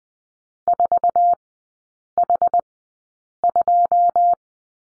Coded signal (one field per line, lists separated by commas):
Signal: Morse code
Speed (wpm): 20 wpm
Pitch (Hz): 700 Hz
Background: none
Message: 4H2